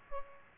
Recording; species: mosquito wingbeat signal from an infrared sensor; Aedes aegypti